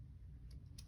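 A substitute magnet of about the same size is held to a magnetic locking buckle in place of a lost key to unbuckle it. A faint tick at 0.5 s comes before a sharp, bright click at 0.8 s from the magnetic lock pin in the buckle, over a low background rumble. The magnetic lock clicks open and the buckle is released.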